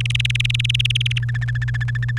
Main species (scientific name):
Serinus canaria